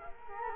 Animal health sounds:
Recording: mosquito wingbeat signal from an infrared sensor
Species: Culex quinquefasciatus

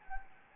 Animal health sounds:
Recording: mosquito wingbeat signal from an infrared sensor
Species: Anopheles gambiae

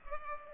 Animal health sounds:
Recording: mosquito wingbeat signal from an infrared sensor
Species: Culex pipiens

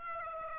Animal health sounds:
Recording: mosquito wingbeat signal from an infrared sensor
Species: Aedes aegypti

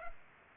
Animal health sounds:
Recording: mosquito wingbeat signal from an infrared sensor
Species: Culex pipiens

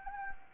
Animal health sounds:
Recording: mosquito wingbeat signal from an infrared sensor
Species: Anopheles gambiae

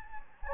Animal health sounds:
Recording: mosquito wingbeat signal from an infrared sensor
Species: Anopheles gambiae

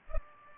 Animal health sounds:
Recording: mosquito wingbeat signal from an infrared sensor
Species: Culex pipiens

